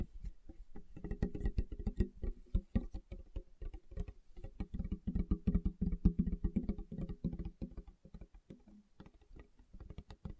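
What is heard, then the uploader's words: Fingertips tap rapidly and irregularly on a hard surface, producing dense clusters of soft, dull clicks with a low, thumping body. The taps come in bursts throughout, thinning out briefly around the eighth second before picking up again, like quick typing. ASMR Tapping with Fingertips (No Talking).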